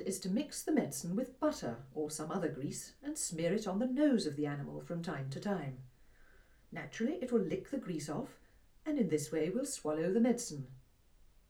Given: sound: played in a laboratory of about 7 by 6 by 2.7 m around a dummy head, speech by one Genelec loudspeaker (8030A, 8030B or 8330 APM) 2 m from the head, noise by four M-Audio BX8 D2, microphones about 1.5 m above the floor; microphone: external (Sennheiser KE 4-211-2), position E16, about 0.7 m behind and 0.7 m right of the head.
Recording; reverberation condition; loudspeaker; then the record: female speech in English; low; 90 degrees to the left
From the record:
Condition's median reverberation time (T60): about 310 ms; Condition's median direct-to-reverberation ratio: about 3.5 dB